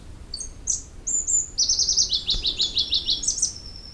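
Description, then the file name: Pallas's leaf warbler giving a few thin high notes, then a fast run of repeated chirps stepping slightly downward before ending on a higher flourish. "warbler-pallas-leaf -Phylloscopus-proregulus"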